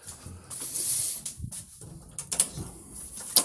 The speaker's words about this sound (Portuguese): só um bocadinho, tenho que ir abrir aqui a porta.